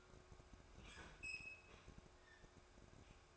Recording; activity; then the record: daily activity, microphone in the room; open fridge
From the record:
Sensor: 2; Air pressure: 1004.5 hPa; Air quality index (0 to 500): 186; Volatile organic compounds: 10 ppm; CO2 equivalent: 2231 ppm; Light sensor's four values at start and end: 4/11/4/4 and 4/11/4/4